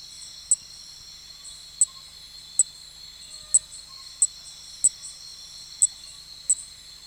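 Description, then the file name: Cricket song: a steady, high, shimmering buzz, broken by sharp clicks roughly once a second, eight in all. "Nesobia mjobergi"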